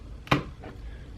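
The side retaining clips on a laptop's SO-DIMM slot release the second old RAM module, which pops up out of its slot at an angle. Two sharp clicks land close together at about 0.3 s, followed by a fainter sound near 0.6 s. The module is released and ready to be pulled out.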